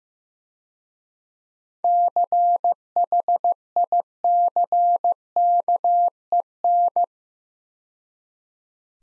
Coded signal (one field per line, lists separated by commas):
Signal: Morse code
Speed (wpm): 17 wpm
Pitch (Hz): 700 Hz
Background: none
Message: CHICKEN